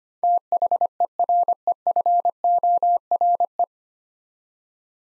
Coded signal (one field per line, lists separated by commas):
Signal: Morse code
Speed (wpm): 25 wpm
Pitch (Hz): 700 Hz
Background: none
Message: THEREFORE